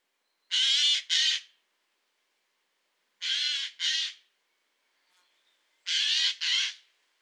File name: Garrulus glandarius